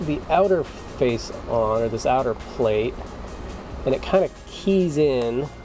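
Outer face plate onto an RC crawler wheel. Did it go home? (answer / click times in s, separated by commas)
no / none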